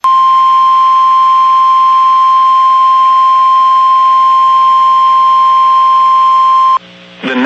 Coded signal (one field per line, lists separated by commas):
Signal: Emergency Alert System (SAME) tones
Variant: 1050 Hz attention tone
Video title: Severe Thunderstorm Warning EAS 7 05 PM Ellis Dalls County KEC56 Dallas TX